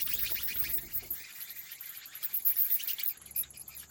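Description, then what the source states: Bat wing flaps: rapid, irregular fluttering bursts over a constant high hiss. Bats flapping their wings inside a cave habitat.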